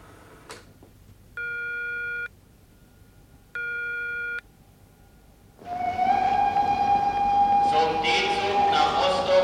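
Two short, steady electronic tones, then an express train starts rolling on the rails: a loud, continuous rumble with a sustained whining pitch and rattling hiss that grows fuller toward the end.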